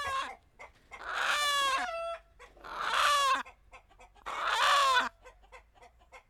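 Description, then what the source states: Chicken gives three long, harsh squawks lasting about a second each, with bursts of rustling noise among short clucks between them. Chickens flapping.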